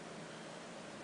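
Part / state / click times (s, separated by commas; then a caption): disposable lancet plunger into its primed position / not seated / none. A plastic disposable lancet plunger for a malaria rapid test is being pushed in toward its primed position, where its internal spring catches. Only a steady, even broadband hiss is heard, with no sharp transients. Nothing has seated or clicked yet.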